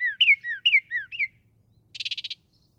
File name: Northern Mockingbird